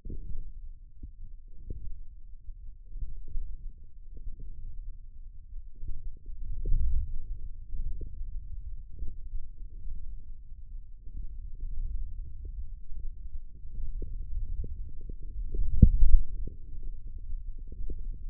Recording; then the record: forearm muscle sounds (acoustic myography)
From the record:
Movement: hand closing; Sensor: system 1, eight BSWA MPA416 microphones around the upper forearm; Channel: 6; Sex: male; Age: 20 years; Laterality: left